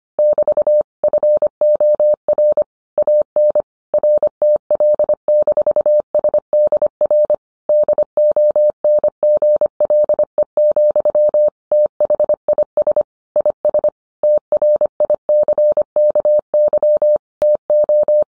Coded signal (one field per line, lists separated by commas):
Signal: Morse code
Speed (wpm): 25 wpm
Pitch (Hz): 600 Hz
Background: none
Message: <BT> FOR AN RTL-SDR DONGLE, THIS IS TRICKY TO